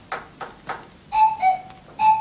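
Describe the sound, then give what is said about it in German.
In a forest, three dull, evenly spaced taps, then loud, clear whistled calls from a woodpecker, steady high notes repeated three times with short pauses between them; no one speaks. “Hör den Specht.”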